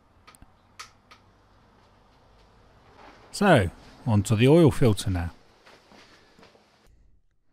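A torque wrench set to 25 Nm re-tightens the already torqued engine oil sump drain plug on a BMW MINI R50/R52/R53 Cooper with a 1.6 Tritec engine, repeated so the click can be heard again. Faint ticks come first, then the wrench gives a sharp click at 0.8 s, showing the plug has reached its set torque. Someone talks afterward.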